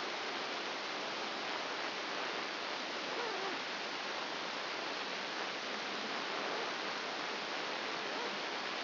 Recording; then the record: brain microelectrode recording played as sound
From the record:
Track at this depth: outside the subthalamic nucleus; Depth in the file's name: 5.701 mm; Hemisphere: left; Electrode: 2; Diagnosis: Parkinson's disease